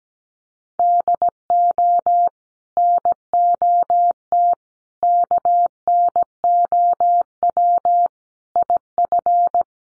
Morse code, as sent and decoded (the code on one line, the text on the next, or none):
-.. --- / -. --- - / -.- -. --- .-- / .. ..-.
DO NOT KNOW IF